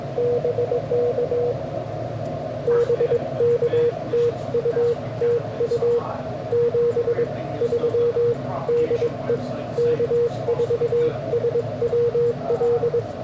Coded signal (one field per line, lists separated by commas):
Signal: Morse code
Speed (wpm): 21 wpm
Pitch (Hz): 470 Hz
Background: radio noise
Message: BK BK TU TU 73 DE K4SWL